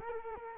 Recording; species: mosquito wingbeat signal from an infrared sensor; Culex quinquefasciatus